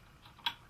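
On a Brother PB6800 combo sewing machine being set up for buttonhole sewing, the buttonhole foot lever is fitted behind its bracket. A single short, sharp click sounds at 0.5 s against a quiet background, and the part is seated before the lever is brought down.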